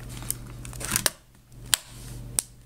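A plastic bottom access cover is pressed back onto a laptop base, and its clips snap into place one after another with sharp clicks at 0.3, 1.1, 1.7 and 2.4 s. Handling rustle and a low steady hum run underneath. The cover is seated, and the clicks are just the clips making normal sounds, not anything breaking.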